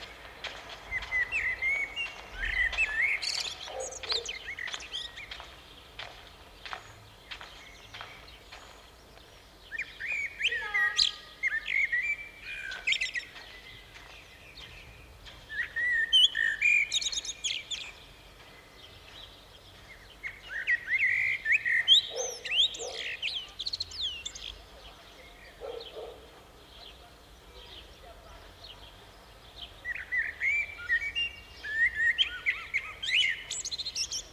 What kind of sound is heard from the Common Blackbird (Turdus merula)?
song